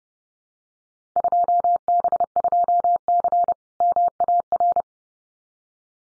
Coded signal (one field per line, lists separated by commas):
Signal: Morse code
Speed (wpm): 28 wpm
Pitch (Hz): 700 Hz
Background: none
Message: 2B2C MAR